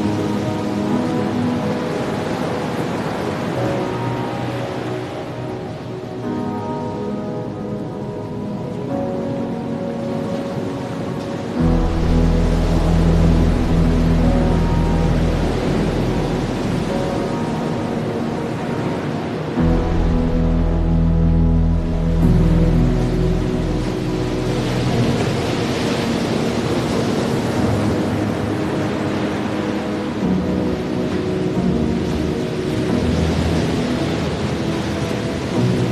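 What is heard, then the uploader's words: Rolling waves and lapping water wash steadily under simple sustained chords that shift every few seconds. A deep low tone swells in around 12 seconds and again near 20 seconds, thickening the bottom. The water's hiss stays constant throughout, brightening slightly toward the end. Listen to the rolling waves and lapping water, combined with simple chords mixed in Spatial Audio.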